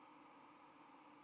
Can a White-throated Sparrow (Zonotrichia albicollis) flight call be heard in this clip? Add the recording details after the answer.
no. Another species' flight call is heard. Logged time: 07:21 on 31 October 2014